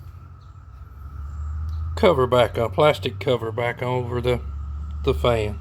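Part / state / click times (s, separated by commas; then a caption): plastic evaporator fan cover onto refrigerator fan housing / not seated / none. A plastic evaporator fan cover is handled and lined up over the fan on a Frigidaire top freezer refrigerator during an evaporator fan motor replacement. Someone talks over a steady low hum and a faint tone. The cover has not snapped or clicked into place yet.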